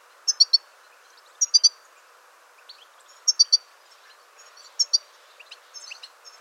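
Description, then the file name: European goldfinch twittering: crisp, tinkling groups of high notes, mostly triplets, repeated every one to two seconds, ending in a looser run of thin chirps. "Jilguero"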